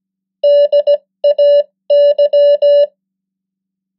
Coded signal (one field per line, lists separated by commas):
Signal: Morse code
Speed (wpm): 17 wpm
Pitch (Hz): 580 Hz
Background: none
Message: DAY